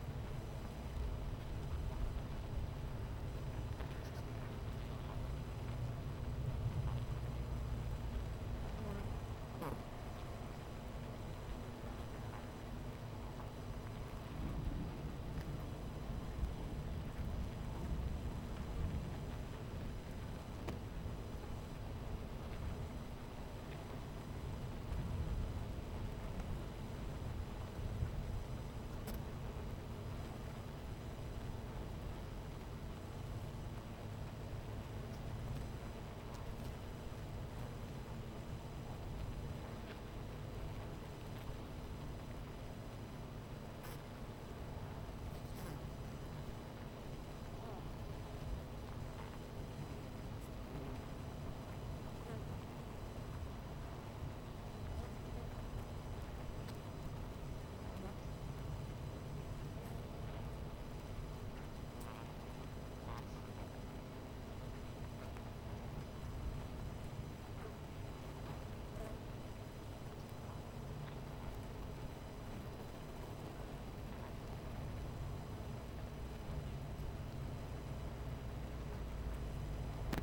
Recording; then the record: honeybee colony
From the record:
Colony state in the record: missing queen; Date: 14 July 2017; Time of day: 11:34